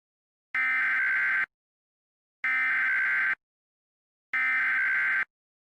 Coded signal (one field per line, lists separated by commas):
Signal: Emergency Alert System (SAME) tones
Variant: header bursts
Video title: (REUPLOAD) EAS Mock: Korra Attacks Punta Gorda (Birthday Gift for The FC Man)